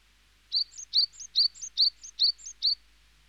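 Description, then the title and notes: Small birds: a small bird chirping in a steady, quick series of six high double notes, each sharp chirp followed by a softer upward flick. "NHK効果音集 - 2-波・川・小鳥"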